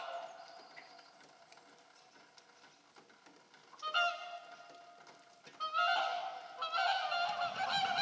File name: Whooper swan